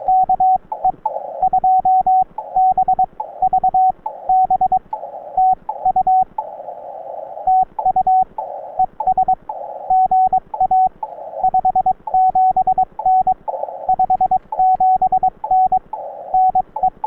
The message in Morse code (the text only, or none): KE2BVB TU TU ES GA 57N 57N NE